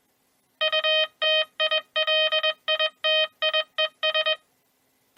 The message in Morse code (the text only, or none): UTILITIES